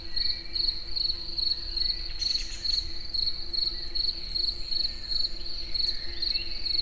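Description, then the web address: Cricket giving a continuous high pulsed trill of rapidly repeating chirps over a low background hum. Recorded in nature at the Eger tourist house. "tucsok. munkazaj esbagolyis egerturistahaz"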